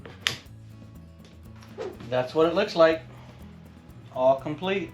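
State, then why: Seated. A finished, coated sliding lid is slid into place on a handcrafted wooden urn, and its spring ball catch snaps into its divot with a sharp click at 0.3 s, seating the lid shut. Soft music plays underneath, and then someone talks.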